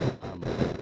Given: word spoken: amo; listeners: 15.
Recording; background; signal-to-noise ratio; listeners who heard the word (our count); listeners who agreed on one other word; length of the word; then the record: one Spanish word in noise, from a listening test; noise modulated by one talker; -10.1 dB; 2 of 15; 6 of 15; 0.42 s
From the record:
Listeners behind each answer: 6, 2, 2, 2, 1, 1, 1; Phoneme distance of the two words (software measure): 10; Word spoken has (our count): 2 syllables, 3 phonemes, stress on syllable 1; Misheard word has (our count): 2 syllables, 3 phonemes, stress on syllable 1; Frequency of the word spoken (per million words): 21.08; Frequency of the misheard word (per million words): 23.13